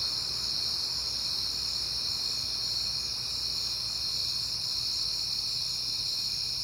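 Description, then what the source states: Crickets keep up a continuous shrill trilling chorus, even and unchanging throughout, over a soft low hum. Crickets recorded on a peaceful night in September.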